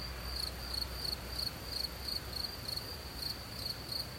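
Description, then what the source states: Cricket giving short high chirps about three per second, with low wind noise beneath. Outdoors in nature with soft wind.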